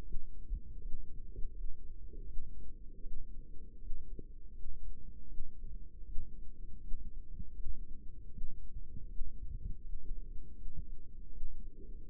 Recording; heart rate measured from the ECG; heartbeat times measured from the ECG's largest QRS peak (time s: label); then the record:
heart sounds by microphone in the right ear; 80 bpm
0.01 s: heartbeat
0.78 s: heartbeat
1.50 s: heartbeat
2.23 s: heartbeat
2.99 s: heartbeat
3.77 s: heartbeat
4.50 s: heartbeat
5.25 s: heartbeat
6.02 s: heartbeat
6.77 s: heartbeat
7.52 s: heartbeat
8.29 s: heartbeat
9.06 s: heartbeat
9.79 s: heartbeat
10.52 s: heartbeat
11.28 s: heartbeat
12.05 s: heartbeat
From the record:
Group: healthy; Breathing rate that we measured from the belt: 21 breaths a minute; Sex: female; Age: 22 years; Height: 171 cm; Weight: 65.6 kg